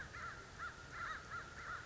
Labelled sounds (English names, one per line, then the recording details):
American Crow
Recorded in Sonoma County, California